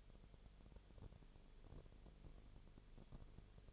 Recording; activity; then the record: daily activity, microphone in the room; no activity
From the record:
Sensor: 4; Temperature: 22.3 degrees Celsius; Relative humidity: 30.9%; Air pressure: 1004.1 hPa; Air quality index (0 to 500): 86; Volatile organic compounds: 1 ppm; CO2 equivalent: 777 ppm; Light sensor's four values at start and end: 2/3/1/1 and 2/3/1/1